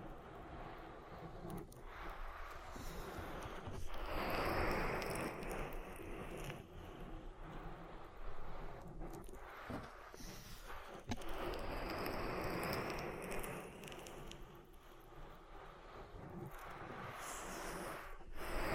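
An oil ear massage: thick, rushing rubbing with wet, slippery squelches that swell and fade in waves, strongest around five and twelve seconds. Brief pauses and sharp little pops break the steady churn, with a thin whistling sweep riding on top.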